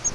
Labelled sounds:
Grace's Warbler flight call

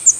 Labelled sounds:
Yellow-throated Warbler flight call

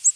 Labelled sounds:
Ovenbird flight call

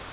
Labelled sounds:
Grace's Warbler flight call

